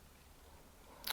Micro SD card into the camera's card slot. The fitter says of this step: the words facing towards the buttons and then just push it down clicks into place